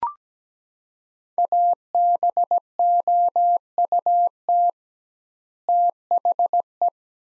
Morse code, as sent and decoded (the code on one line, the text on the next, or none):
.- -... --- ..- - / - .... .
ABOUT THE